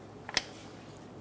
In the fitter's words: push until you hear a click